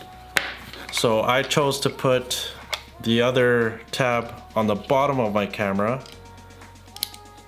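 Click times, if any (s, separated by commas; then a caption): 7.0 s. Someone talks while pushing the second anchor tab, on the bottom of the camera, into the connector of a Peak Design Slide strap. Two sharp clicks at 7.0 s and 7.0 s show the strap anchor link snapping home, seated.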